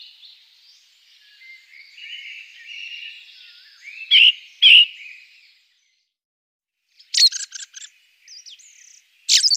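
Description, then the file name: Ring ouzel song: a soft drawn-out warbling passage with two louder notes, then a pause and clipped chattering phrases. "beflijster ring ouzel"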